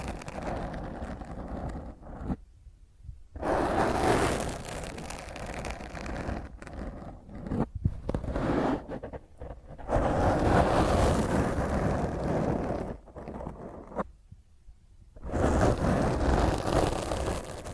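Rough, intense scratching of fingernails across a microphone, loud and grainy, dense and heavy in the lows and mids. Long scraping bursts are broken by short silent pauses, near 2.5, 14 and 15 seconds, plus a few brief catches.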